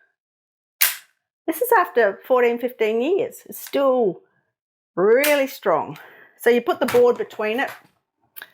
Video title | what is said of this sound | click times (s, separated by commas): Applique Series Lets look at hoops | I'll just do it on the edge here and hear it click. | 0.8 s